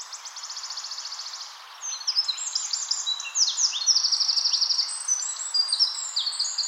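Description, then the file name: Eurasian wren song: a fast high trill, a brief pause, then an energetic stream of sharp varied notes and buzzy trills lasting several seconds. "Troglodytes troglodytes"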